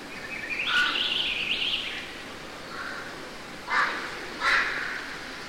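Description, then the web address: Crow calls: a few calls, with two short harsh caws near the end. Recorded in woods, with leaves. "The Ridges Sanctuary. crows"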